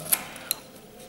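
An auxiliary contact block is fitted into its slot in a molded-case circuit breaker, this time correctly oriented with the label facing outward. Two sharp, short clicks are heard at 0.1 s and 0.5 s. The block is fully seated in the slot.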